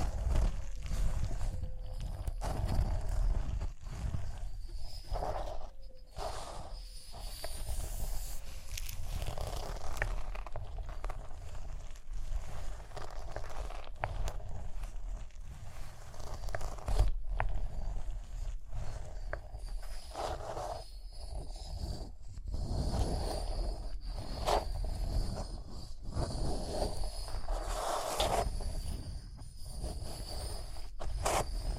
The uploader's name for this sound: Rhinestone Tapping, Scratching, Brushing